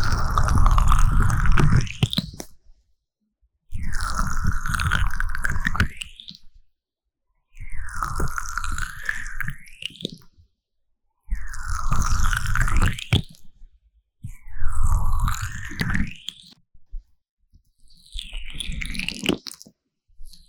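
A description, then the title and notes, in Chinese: Vaseline ear massage sounds: thick, wet squishing and slick rubbing in bursts of about two seconds, separated by short silences, six passes in all. Each burst is dense and full, with a low muffled rumble beneath the sticky, squelching surface. 凡士林耳朵按摩。Vaseline Ear massage Sounds | NoTalking。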